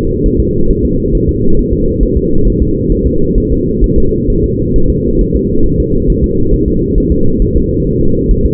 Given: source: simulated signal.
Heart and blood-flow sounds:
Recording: fetal heart sounds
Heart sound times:
0.26 s: S1
0.40 s: S2
0.71 s: S1
0.85 s: S2
1.15 s: S1
1.29 s: S2
1.59 s: S1
1.73 s: S2
2.03 s: S1
2.18 s: S2
2.47 s: S1
2.62 s: S2
2.92 s: S1
3.07 s: S2
3.38 s: S1
3.52 s: S2
3.84 s: S1
3.98 s: S2
4.30 s: S1
4.44 s: S2
4.76 s: S1
4.90 s: S2
5.21 s: S1
5.36 s: S2
5.66 s: S1
5.80 s: S2
6.10 s: S1
6.24 s: S2
6.54 s: S1
6.68 s: S2
6.98 s: S1
7.12 s: S2
7.42 s: S1
7.56 s: S2
7.87 s: S1
8.01 s: S2
8.31 s: S1
8.46 s: S2
From the record:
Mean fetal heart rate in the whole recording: 135 bpm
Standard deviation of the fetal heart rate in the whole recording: 3 bpm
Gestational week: 36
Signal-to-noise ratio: -17.7 dB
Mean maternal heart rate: 72 bpm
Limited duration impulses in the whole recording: present

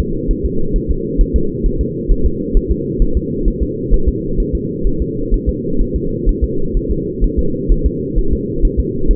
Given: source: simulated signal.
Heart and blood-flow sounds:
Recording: fetal heart sounds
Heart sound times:
0.00 s: S2
0.31 s: S1
0.45 s: S2
0.76 s: S1
0.91 s: S2
1.21 s: S1
1.36 s: S2
1.66 s: S1
1.81 s: S2
2.12 s: S1
2.26 s: S2
2.57 s: S1
2.71 s: S2
3.02 s: S1
3.17 s: S2
3.48 s: S1
3.62 s: S2
3.94 s: S1
4.08 s: S2
4.40 s: S1
4.55 s: S2
4.87 s: S1
5.02 s: S2
5.34 s: S1
5.49 s: S2
5.81 s: S1
5.96 s: S2
6.29 s: S1
6.44 s: S2
6.77 s: S1
6.91 s: S2
7.24 s: S1
7.39 s: S2
7.72 s: S1
7.86 s: S2
8.19 s: S1
8.33 s: S2
8.65 s: S1
8.80 s: S2
9.11 s: S1
From the record:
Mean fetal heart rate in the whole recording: 130 bpm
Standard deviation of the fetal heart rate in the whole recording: 2 bpm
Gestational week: 38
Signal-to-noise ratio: -8.1 dB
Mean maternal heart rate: 72 bpm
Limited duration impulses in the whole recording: absent

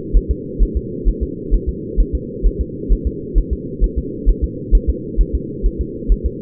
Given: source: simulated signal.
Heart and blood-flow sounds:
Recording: fetal heart sounds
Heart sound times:
0.17 s: S1
0.31 s: S2
0.63 s: S1
0.77 s: S2
1.08 s: S1
1.23 s: S2
1.54 s: S1
1.69 s: S2
2.00 s: S1
2.15 s: S2
2.46 s: S1
2.61 s: S2
2.93 s: S1
3.07 s: S2
3.38 s: S1
3.53 s: S2
3.84 s: S1
3.98 s: S2
4.29 s: S1
4.44 s: S2
4.75 s: S1
4.90 s: S2
5.21 s: S1
5.35 s: S2
5.66 s: S1
5.81 s: S2
6.12 s: S1
6.26 s: S2
From the record:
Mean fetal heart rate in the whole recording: 130 bpm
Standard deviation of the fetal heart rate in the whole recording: 2 bpm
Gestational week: 36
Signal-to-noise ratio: -4.1 dB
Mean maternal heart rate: no maternal heart sound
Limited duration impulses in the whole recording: absent

